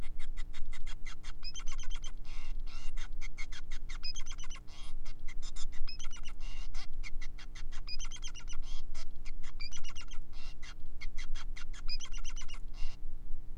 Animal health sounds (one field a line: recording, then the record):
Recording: song of a male Bengalese finch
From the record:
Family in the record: son of father 5